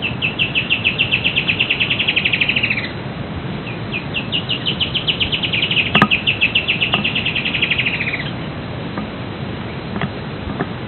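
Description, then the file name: Bird calling in two long, high trills of rapid repeated notes, with a sharp click and scattered faint ticks amid steady hiss. "SABIOD 50 bird 2015"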